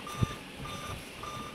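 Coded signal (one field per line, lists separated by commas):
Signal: beep code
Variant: Dell laptop BIOS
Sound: three short steady mid-pitched beeps, evenly spaced, about a third second each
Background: faint click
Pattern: 3 short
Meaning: On Dell laptops, three beeps usually indicate a system board or chipset failure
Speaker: इसको प्रॉब्लम यह आई है की यह बीट के भाव अब आप सुन रहे हैं तीन बप तेरा ही है और रेगुलरी कंटीन्यूअस गिव दे रहा है ये स्क्रीन के ऊपर इसका डिस्प्लेस शो नहीं हो रहा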